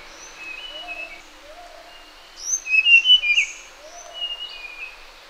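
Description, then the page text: Sulawesi blue flycatcher song: high, thin whistled phrases with slurred falling notes, rising to a louder cluster of bright twittering notes midway, with soft lower whistles. "Sulawesi Blue Flycatcher Song. Quick Sounds"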